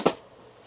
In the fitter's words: swing it around till you hear it click